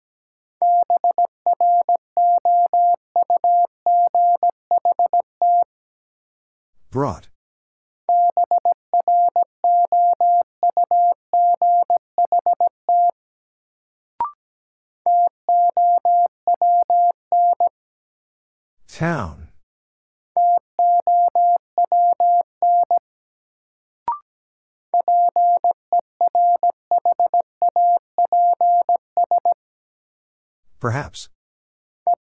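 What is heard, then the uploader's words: Morse code beeps at a steady mid pitch arrive in bursts of rapid dots and dashes, separated by brief sweeping bursts of static. Sentences from Top 500 Words - New Word Drill - 17wpm. First, the word is sent in Morse code. Then it is spoken.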